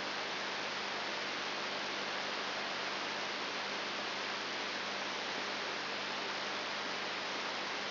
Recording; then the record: brain microelectrode recording played as sound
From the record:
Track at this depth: inside the subthalamic nucleus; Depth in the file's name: 3.901 mm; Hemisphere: left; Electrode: 3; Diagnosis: Parkinson's disease